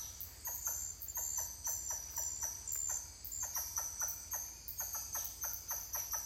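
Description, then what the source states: Titi monkey calls: clusters of quick downward-sweeping notes repeated in rhythmic bursts, with a steady high-pitched insect chorus behind. More than one titi monkey calling.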